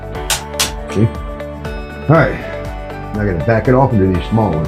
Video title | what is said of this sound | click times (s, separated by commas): Xotic Performance Ls head stud set review and install!!!#ls3 #crownvicswap #lsswap #nonamenationals | I'm pulling down just till it clicks I'm not letting it turn | 0.3 s